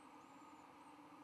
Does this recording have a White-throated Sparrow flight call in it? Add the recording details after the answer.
no. No flight call is heard. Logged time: 11:32 on 13 November 2014